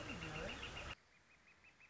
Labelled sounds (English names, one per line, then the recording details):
Northern Flicker
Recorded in Sonoma County, California